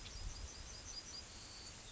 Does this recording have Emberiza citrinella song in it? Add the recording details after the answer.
yes. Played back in grassland. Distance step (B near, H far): F. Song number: 102